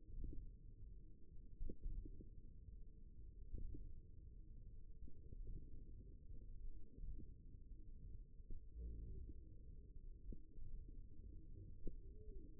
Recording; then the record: forearm muscle sounds (acoustic myography)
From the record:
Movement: index flexion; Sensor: system 1, eight BSWA MPA416 microphones around the upper forearm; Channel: 3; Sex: male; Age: 54 years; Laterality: right